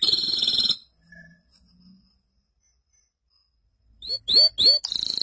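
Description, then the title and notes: Canary song: a burst of buzzy trill, near silence with faint soft notes, then three loud upswept chips and another trill starting. "BM Suara Kenari. BM Suara Burung Kenari"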